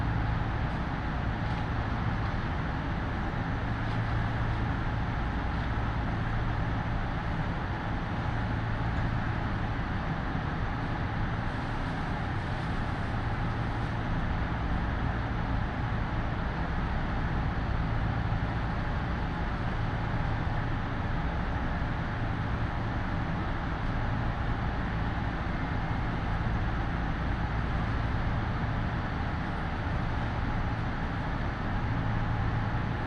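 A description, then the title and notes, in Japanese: A ride aboard a Yoro Railway train travelling from Ibi toward Ogaki and Yoro. A steady, dense rumble of the moving train fills the whole recording, with a low droning hum that pulses on and off and a faint high whine running through it. 養老鉄道 揖斐→大垣→養老。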